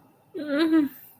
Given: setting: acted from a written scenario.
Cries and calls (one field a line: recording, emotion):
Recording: vocal sound without words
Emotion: sadness